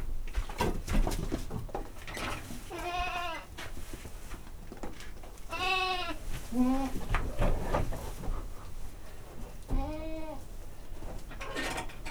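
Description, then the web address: Domestic goat bleating: three drawn-out, quavering bleats and a shorter one, spaced a few seconds apart, over rustling and clattering noises. Domestic goat in a farmyard. "allathangok parasztudvar hazikecske kecske"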